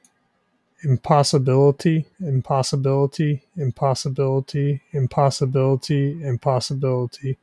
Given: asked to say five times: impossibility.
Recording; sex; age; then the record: repeated word; male; 20 to 29 years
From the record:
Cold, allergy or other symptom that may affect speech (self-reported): no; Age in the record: 26 years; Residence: Pennsylvania, United States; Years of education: 12